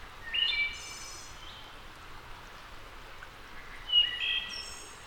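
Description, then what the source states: Wood thrush song in two phrases about three and a half seconds apart, with ringing fluty whistles ending in a high buzzy trill, over quiet hiss. A returning wood thrush singing.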